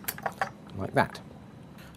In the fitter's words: eventually they snap into place like